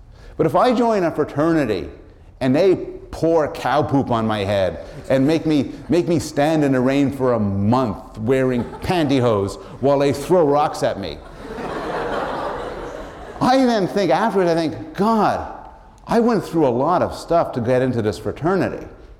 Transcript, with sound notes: But if I join a fraternity and they pour cow poop on my head and make me stand in the rain for a month wearing pantyhose while they throw rocks at me [laughter] I then think — after it I think “God, I went through a lot of stuff to get into this fraternity.